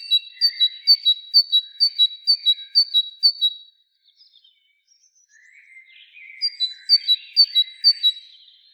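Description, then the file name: Great tit song: bright two-note whistled phrases, high then slightly lower, repeated rapidly in two bursts, with softer chirps and twitters between them. "Parus major"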